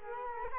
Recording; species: mosquito wingbeat signal from an infrared sensor; Culex quinquefasciatus